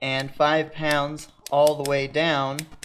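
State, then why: Not seated. Someone talks while the rate adjuster collar on a steel adjustable-rate coil shock spring is rotated down through its rate settings toward 430, each position meant to click into a detent. Nothing has seated or clicked yet in this stretch; the part is still being handled and is not yet home.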